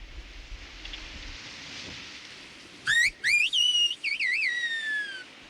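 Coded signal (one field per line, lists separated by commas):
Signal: whistled language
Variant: Aas (Béarn) whistled language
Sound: quiet outdoor hiss, then several rising, falling and wavering loud whistles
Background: outdoor ambient noise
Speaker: Joseph isn't whistling for fun he's articulating a language Jano from somewhere in the Hills replies by whistling also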